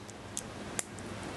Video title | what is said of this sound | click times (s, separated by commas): MG Full Armor Unicorn Gundam - Review part 3 - Loadout & Final Thoughts | You hear a really nice click. | 0.4 s, 0.8 s